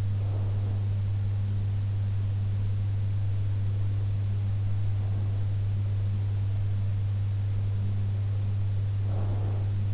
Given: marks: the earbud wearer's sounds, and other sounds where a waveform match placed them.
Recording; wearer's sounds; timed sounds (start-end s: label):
sounds in sleep by an in-ear microphone; breath
0.00-1.09 s: breath
8.88-9.81 s: breath